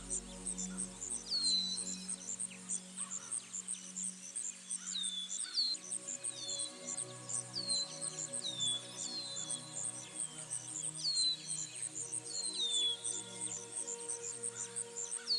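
Soft music with steady low held tones runs under a busy layer of bird calls. Repeated downward-swooping chirps recur every second or two, while a dense, rapid high twitter continues throughout. A deep low hum fades out within the first three seconds.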